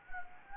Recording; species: mosquito wingbeat signal from an infrared sensor; Anopheles gambiae